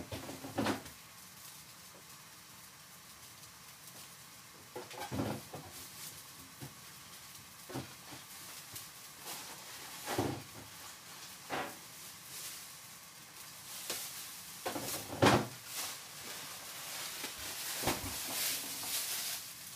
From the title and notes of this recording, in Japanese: 環境音 弁当用につくりおき。